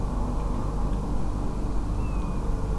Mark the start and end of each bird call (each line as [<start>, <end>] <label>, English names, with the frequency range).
[1.97, 2.39] European Golden Plover (2.4-2.8 kHz)